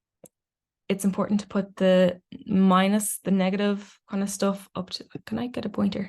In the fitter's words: so you pick it up pop it in it should make a little click sound